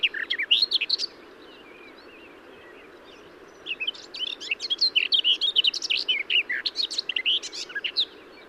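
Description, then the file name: Garden warbler song: a brief warbled burst, a quieter gap of almost three seconds with only faint notes, then a long, fast, rich warbling phrase; low steady hum behind. "Garden-Warbler -Sylvia-borin"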